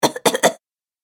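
Three quick, small coughs from an adult woman, acted, in rapid succession.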